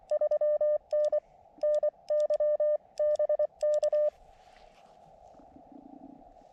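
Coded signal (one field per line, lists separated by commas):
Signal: Morse code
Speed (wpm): 24 wpm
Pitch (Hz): 600 Hz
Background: none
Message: 3N NY BK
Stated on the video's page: CW on a combined park and summit activation from an Elecraft KX2 with a BaMaTech TP-III key and AX1 vertical antenna on a tripod with two radials; contacts included England, Northern Ireland, Italy.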